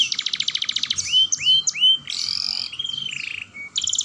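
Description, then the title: Atlantic canary song, a fast pulsed trill followed by upslurred whistled notes, buzzy phrases and a steady rolling trill, ending in another quick trill. Vigorous singing with long rolling trills. "Kenari Gacor Dor Roll Panjang"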